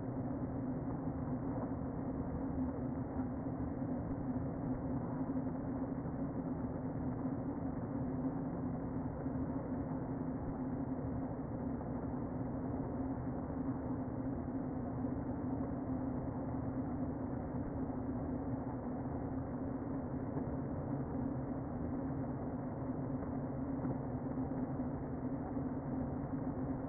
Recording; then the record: honeybee colony, microphone inside the hive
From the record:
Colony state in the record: queen present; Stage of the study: before two queens were removed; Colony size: about 60,000 bees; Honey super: yes